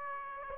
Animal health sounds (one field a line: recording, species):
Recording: mosquito wingbeat signal from an infrared sensor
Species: Aedes aegypti